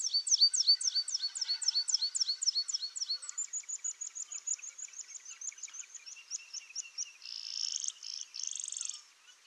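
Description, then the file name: Meadow pipit song: a long series of high, thin repeated notes that gradually change, speeding into a faster trill and ending in buzzy phrases. "swiergotek lakowy"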